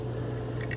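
A component, likely the blade or lock, of a KB Knives Zephyr titanium integral-frame folding knife is handled during reassembly as it is worked toward locking into place. A steady low hum runs throughout, with a few faint, brief ticks of handling near the end. Nothing has seated or clicked yet.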